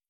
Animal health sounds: hydrophone in a shrimp aquaculture tank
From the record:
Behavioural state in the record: feeding

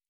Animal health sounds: hydrophone in a shrimp aquaculture tank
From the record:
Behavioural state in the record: normal

